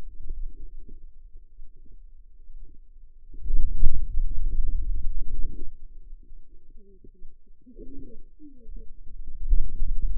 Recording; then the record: forearm muscle sounds (acoustic myography)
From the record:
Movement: pen grasping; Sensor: system 2, bracelet of six BSWA MPA416 microphones around the upper forearm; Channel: 6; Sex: female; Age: 25 years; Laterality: right